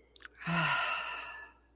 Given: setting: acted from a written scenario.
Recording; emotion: vocal sound without words; ecstasy